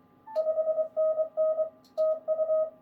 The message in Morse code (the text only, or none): 5NN TU